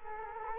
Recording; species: mosquito wingbeat signal from an infrared sensor; Culex quinquefasciatus